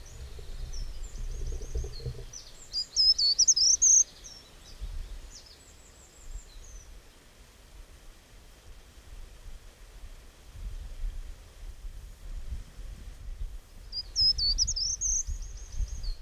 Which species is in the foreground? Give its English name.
Short-toed Treecreeper